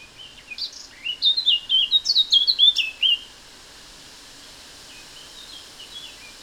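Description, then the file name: Eurasian blackcap singing a short burst of fast, fluty warbling notes that ends abruptly, followed by a few faint high notes against quiet background hiss. "Sylvia atricapilla"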